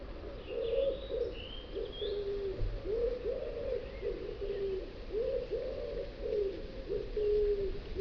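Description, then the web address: Common wood pigeon song, a rhythmic series of low, muffled coos, with faint higher chirps from another bird early on. "cianscape. Deverinetal"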